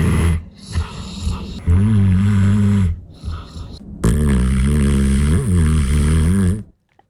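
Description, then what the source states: Bernese mountain dog snoring: two long, low droning rumbles, each holding steady, the second swelling briefly midway, with quieter breathy gaps between. Dog snoring while having a snooze; a recording played back on air.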